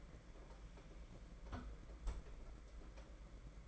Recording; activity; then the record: daily activity, microphone in the room; close fridge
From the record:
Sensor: 5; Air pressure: 992.0 hPa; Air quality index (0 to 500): 199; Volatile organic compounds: 1000 ppm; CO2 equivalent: 5743 ppm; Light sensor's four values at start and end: 29/95/35/38 and 29/96/36/38